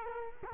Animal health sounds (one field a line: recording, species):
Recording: mosquito wingbeat signal from an infrared sensor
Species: Culex quinquefasciatus